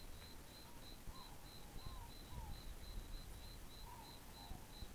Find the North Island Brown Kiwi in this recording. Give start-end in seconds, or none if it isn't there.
none